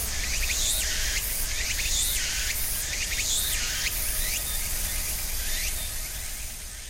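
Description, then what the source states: Cicada song with rhythmic rising, swooping phrases repeated roughly each second over a steady insect buzz, fading toward the end, with low machinery rumble below. Cicadas with other insects at end of summer, ornamental cherry trees between small river and residential neighborhood, Japan, about 13:00; traffic and rice harvester audible; Sony PCM-M10, EM172 mics, quasi-binaural on tree trunk.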